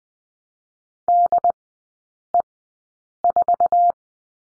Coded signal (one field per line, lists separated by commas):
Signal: Morse code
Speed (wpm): 20 wpm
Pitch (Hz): 700 Hz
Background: none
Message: DE4